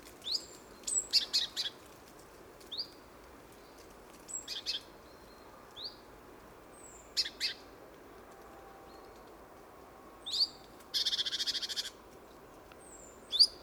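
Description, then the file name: Great tit calls, scattered sharp clicks and short descending notes, then one longer buzzy churring rattle near the end, with a few thin high whistles. "Parus major"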